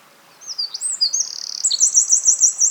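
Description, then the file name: Eurasian wren song, very high and hurried: warbled notes, a rattling trill in the middle, then a series of ringing repeated notes to the end. "Troglodytes troglodytes"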